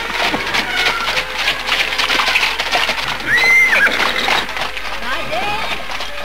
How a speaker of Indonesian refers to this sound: Tapi baru saja Raden Saka mengayunkan langkah kaki kudanya ke arah timur, tiba-tiba melintaslah sebuah gerobak kereta yang ditarik seekor kuda.